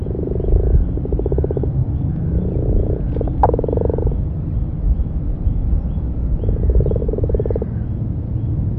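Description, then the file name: Common frog giving several short, low, pulsed purring croaks in irregular bursts, with a sharp click midway and a constant low rumbling background. "grasfrosch"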